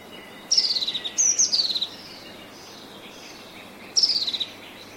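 Bird giving high, descending chirping phrases, each a quick run of falling notes; two close together early, another near the end, over faint steady background hiss.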